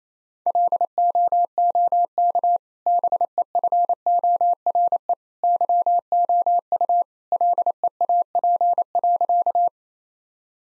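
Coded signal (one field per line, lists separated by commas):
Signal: Morse code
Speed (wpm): 27 wpm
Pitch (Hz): 700 Hz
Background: none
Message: LOOK BEFORE YOU LEAP.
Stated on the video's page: Morse practice at 28 wpm: easy sentences with contextual hints.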